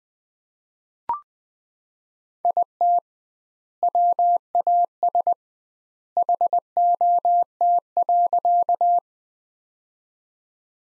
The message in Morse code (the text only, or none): IT WAS HOT.